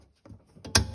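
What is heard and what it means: The black plastic holder of an H7 low-beam bulb in the headlamp housing of a Mercedes Class A 150 is turned through a half circle. Faint rustling at 0.3 s and 0.65 s leads to a sharp, bright click at 0.8 s. The holder clicks free and the bulb comes out easily.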